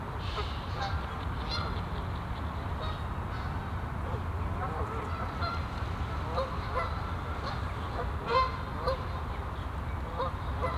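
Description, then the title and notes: Goose: geese calling in a low, continuous chatter of honks, one louder call near the end, with background rumble. Geese on the pond of Bouchout castle, Meise botanical garden, Belgium; binaural recording. "Plantentuin, Meise, Belgique - Oies - Geese. Meise, jardin botanique. Des oies sur l'étang du chateau de Bouchout. Enregistrement binaural"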